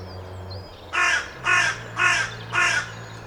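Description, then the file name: Carrion crow uttering four rough caws in a steady run after a short quiet start, a low hum in the background. "Corvus corone"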